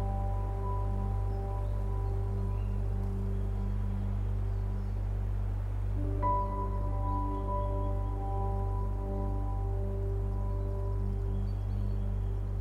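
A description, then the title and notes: Gentle piano music with long, sustained notes ringing over a deep, steady low hum. Around six seconds a new chord comes in and holds for the rest of the clip. Faint, thin high chirps and a soft airy hiss sit quietly in the background. Relaxing Piano Music with Wind and Birds. Gentle piano music with the sweet sounds of the wind and birds.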